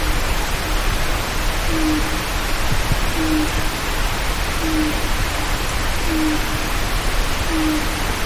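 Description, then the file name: Japanese night heron calling, low soft booming notes evenly spaced about every one and a half seconds, set against constant background hiss. "mizogoi"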